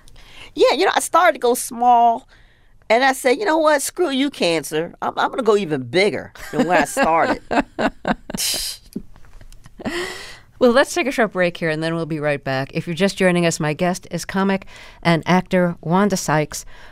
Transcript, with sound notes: Yeah, you know, I started to go small. And then I said, you know what? Screw you, cancer. I'm going to go even bigger then where I started.
(Laughter) Well, let's take a short break here, and then we'll be right back. If you're just joining us, my guest is comic and actor Wanda Sykes.